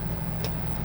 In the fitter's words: yeah that kind of clicked anyway what it'll do is it'll capture the memory